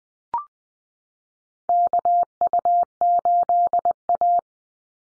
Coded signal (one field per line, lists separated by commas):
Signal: Morse code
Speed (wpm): 20 wpm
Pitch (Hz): 700 Hz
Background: none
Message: KU8A